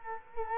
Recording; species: mosquito wingbeat signal from an infrared sensor; Culex quinquefasciatus